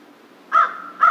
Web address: Crow 2010 03 02 American Crow 03